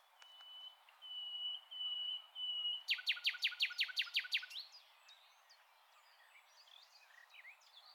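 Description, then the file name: Common nightingale song opening with several long, pure whistled notes, then a loud, rapid series of sharp repeated notes, trailing into softer twittering. "Luscinia megarhynchos"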